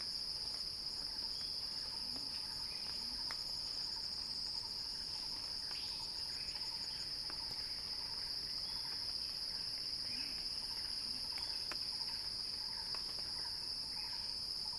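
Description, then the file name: Cicada song, a constant piercing buzz sustained without pause, faint ticking sounds and soft low chirps underneath. Cicada song building in a crescendo. "Axel-Drioli Cicada-Crescendo-Sounding-Wild"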